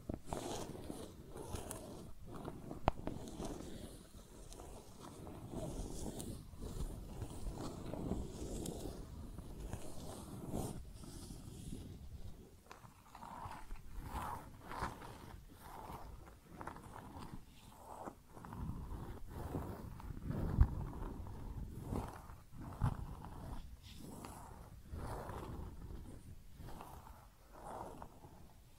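Tapping and scratching on makeup, with fingernail-like scrapes and taps running through the whole clip. The first half is dense and rough; after about twelve seconds it settles into separate scratchy strokes roughly once a second, with a sharper tap near twenty seconds.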